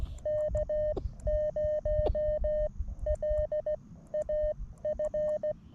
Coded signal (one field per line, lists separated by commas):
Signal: Morse code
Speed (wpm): 16 wpm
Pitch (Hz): 610 Hz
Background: music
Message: K0LAF